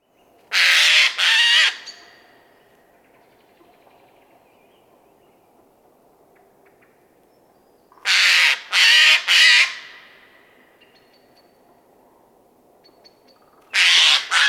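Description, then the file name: Eurasian jay giving harsh, rasping screeches in short bursts of two or three, the bursts separated by several seconds of quiet. "Garrulus glandarius"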